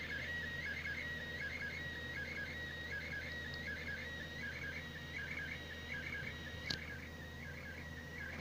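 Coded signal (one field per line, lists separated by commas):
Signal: SSTV (slow-scan television)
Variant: PD180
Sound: steady mid-pitch whistle broken by regular warbling chirps, over hiss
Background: radio static, low hum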